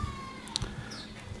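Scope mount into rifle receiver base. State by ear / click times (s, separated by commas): seated / 0.6 s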